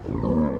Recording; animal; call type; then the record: contact call of a hoofed animal; wild boar; grunt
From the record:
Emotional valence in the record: negative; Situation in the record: naturally occurring agonistic interactions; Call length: 0.61 s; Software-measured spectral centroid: 680 Hz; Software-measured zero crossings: 670 a second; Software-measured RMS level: -24 dBFS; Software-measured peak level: -9 dBFS